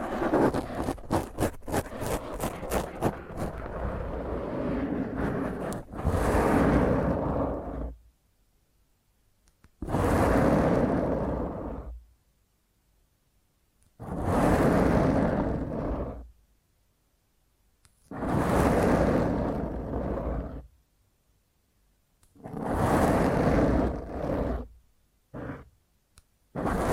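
Fingernails scratch roughly and hard right against a microphone, opening with a fast run of sharp scrapes before turning into long, harsh, grinding rubs. The rubs come in bursts of two to four seconds separated by dead silence, ending with a few short scratches.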